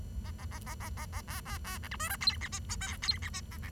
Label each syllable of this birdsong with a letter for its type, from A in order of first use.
A A A A A A A B B B C D E F G H I J K G H I A C